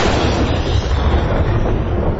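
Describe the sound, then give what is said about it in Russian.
A large pirate cannon, Big Marta, the biggest cannon of Lame Jack's pirate crew, fires as the pirates give chase: a heavy booming roar that rolls on as a dense, sustained rumble for about two seconds, loud and steady with no voices. “Так называет свою самую большую пушку пиратская команда Хромого Джека.”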